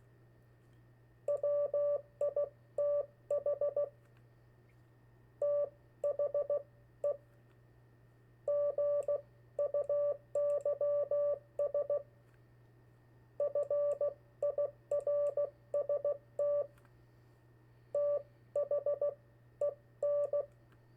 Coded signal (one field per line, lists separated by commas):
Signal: Morse code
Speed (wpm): 16 wpm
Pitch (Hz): 580 Hz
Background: none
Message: WITH THE GUYS FIRST THEN